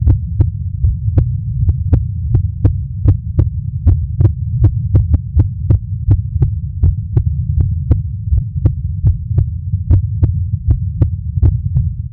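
An adult heartbeat at about 80 beats a minute, each beat a soft paired thump, over a constant low hum. No extra sounds stand out between the beats.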